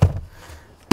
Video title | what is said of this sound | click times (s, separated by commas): Skoda Scala FULL REVIEW all-new compact hatch 1.0 vs 1.5 TSI comparison - Autogefühl | it pops in with a nice little click in place with two cup holders so | 0.9 s